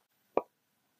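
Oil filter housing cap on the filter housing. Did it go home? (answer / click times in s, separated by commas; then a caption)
yes / 0.4 s. On a Toyota RAV4, a plastic oil filter housing cap is turned counterclockwise on its filter housing until the thread start drops in, before it is threaded clockwise. A single short, sharp click sounds at 0.4 s against near silence. The cap's thread has dropped in and seated.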